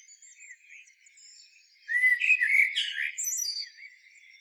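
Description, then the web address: Common blackbird song. After faint quiet notes comes one rich, fluty warbling phrase that ends in thin, high, scratchy twitters. "SETE data Turdus merula"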